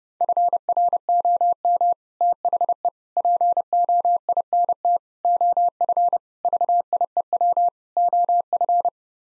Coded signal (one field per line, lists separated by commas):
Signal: Morse code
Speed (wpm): 32 wpm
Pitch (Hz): 700 Hz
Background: none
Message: FROM THE POINT OF VIEW OF